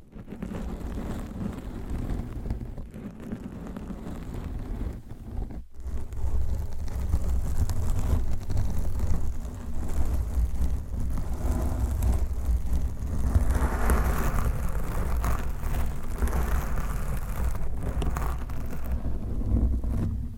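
Dense scratching and rubbing of nails and mic covers right against the microphone, a continuous rough texture heavy in low rumble. A brief near-silent break comes around five and a half seconds, then the scraping returns louder and steady, with brighter rasping passages midway.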